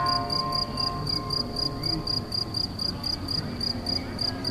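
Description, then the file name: Cricket song of quick, even high chirps, about four per second, with a faint low hum in the background. Crickets recorded in Galicia on 24 May 2014 with an MZ-N710 recorder. "MZ-N 710 Grillons la Galicia re 24 05 14"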